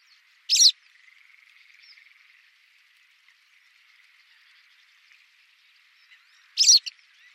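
White wagtail calls: two sharp, high chirps about six seconds apart.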